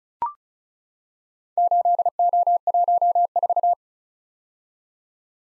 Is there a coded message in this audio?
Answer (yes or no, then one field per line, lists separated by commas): yes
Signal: Morse code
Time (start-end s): 1.6-3.7 s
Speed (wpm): 36 wpm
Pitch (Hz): 700 Hz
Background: none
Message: 8O14